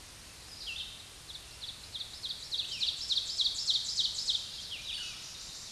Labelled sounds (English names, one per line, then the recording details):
Ovenbird song
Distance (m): 25 m
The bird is about 5 m above the microphone
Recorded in a Pennsylvania forest on 16 May 2024 at 07:54
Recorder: AudioMoth, point MSD-2146
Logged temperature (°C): 16.7 °C
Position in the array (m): 149 m, 2 m